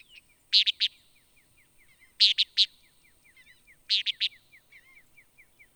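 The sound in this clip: Antillean nighthawk delivering loud clipped triplets of notes about every one and a half seconds, backed by a continuous series of soft, ticking chips.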